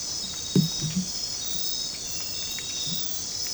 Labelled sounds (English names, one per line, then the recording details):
none
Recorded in dense forest near Puerto Asís, Putumayo, Colombia, on 22 December 2024 at 21:30
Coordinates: 0.484, -76.317
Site G026